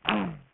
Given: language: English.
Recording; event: throat vibration sensor signal played as sound; throat clearing